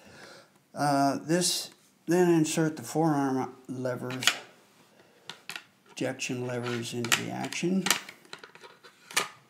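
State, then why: Not seated. Someone talks while fitting the forearm of a Beretta Diamond Pigeon over-under shotgun, inserting its ejection levers into the action beneath the barrels. Short metallic handling ticks sound around 5.3–5.6 s and 8.3–9.1 s between the speech. The forearm has not yet locked onto the barrels; nothing has seated or clicked home yet.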